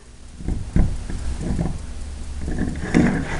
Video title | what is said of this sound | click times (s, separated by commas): TCCM 4X4 Chevrolet Repair | or you can do a slight tou and test that out but it's not clipping so what | none